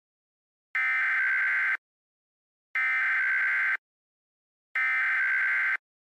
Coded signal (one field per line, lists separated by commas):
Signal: Emergency Alert System (SAME) tones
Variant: header bursts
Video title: EAS Scenario: It's Going to Rain in Indiana